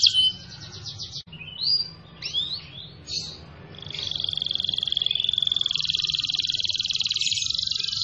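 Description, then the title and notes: Canary song: a short trill, then varied whistled slurs, then a long, rapid trill held near one pitch for about four seconds. "kenari"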